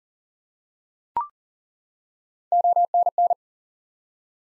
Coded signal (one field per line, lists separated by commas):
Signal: Morse code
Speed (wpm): 43 wpm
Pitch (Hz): 700 Hz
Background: none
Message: ONN